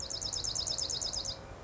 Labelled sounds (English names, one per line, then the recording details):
Dark-eyed Junco
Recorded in Sonoma County, California